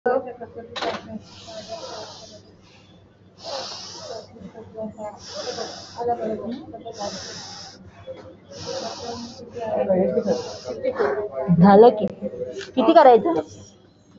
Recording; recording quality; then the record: deep breathing; moderate, slight background noise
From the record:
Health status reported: exposed to COVID-19, no respiratory illness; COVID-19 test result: negative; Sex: female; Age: 52 years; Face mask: worn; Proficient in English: yes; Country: India